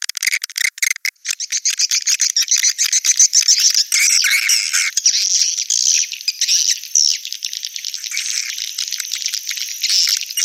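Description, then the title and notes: Swiftlet chirps, starting as scattered sharp clicks and then merging into a continuous high twittering chorus. Used in swiftlet farming, Asia. "Swiflet Bird Sound. Farming Swiflet Bird asia sound"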